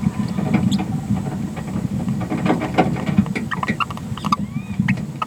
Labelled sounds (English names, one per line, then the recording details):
Green-rumped Parrotlet babbling
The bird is a female
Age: 30 days
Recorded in a nest box in Venezuela
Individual 17B73B2